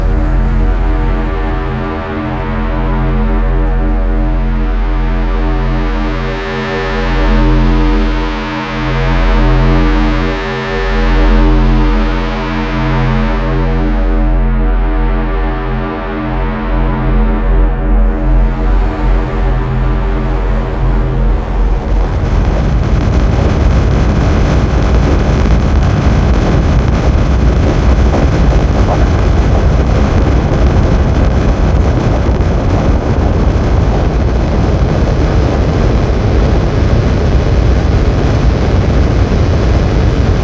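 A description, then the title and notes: A vast machine interior hums with a steady, layered drone of stacked low tones, throbbing softly for the first twenty seconds. Near the midpoint it gives way to a louder, dense rumbling roar that stays constant to the end, deep and engine-like. District 10 - Mothership Sound Effects.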